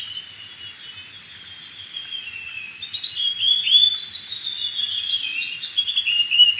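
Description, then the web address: Russet-crowned Warbler song, a long run of warbled, slurred whistles rising and falling, growing louder toward the end over faint background noise. Recorded in Ecuador. "Birds of Ecuador. Russet-crowned Warbler"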